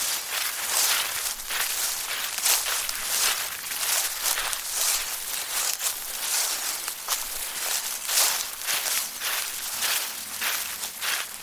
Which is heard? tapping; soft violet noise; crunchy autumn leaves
crunchy autumn leaves